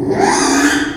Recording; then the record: squeal of a Yucatan mini pig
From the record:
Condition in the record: after surgery on the right vocal fold (resection and tissue-engineered implant); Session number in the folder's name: 3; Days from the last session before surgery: 33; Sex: male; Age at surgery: 12 weeks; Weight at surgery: 13 kg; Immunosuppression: cyclosporine, prednisolone